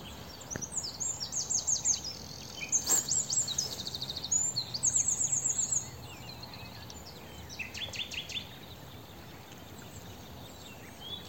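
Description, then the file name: Eurasian wren song, fast high trills and sharp chattering notes for several seconds, then fading to softer scattered notes over a background hiss. "Troglodytes troglodytes"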